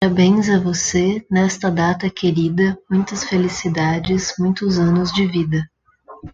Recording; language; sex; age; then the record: short text; Brazilian Portuguese; female; 30 to 39 years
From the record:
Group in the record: control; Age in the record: 30 years